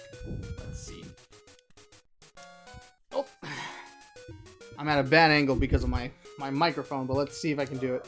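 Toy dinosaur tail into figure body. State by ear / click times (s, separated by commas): not seated / none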